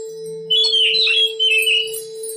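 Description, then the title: Oriental magpie-robin giving a short, full-toned warbled phrase with a brief break in the middle, over a low hum. Long-duration chirping. "Kicau Kacer Durasi Panjang 1jam Lebih"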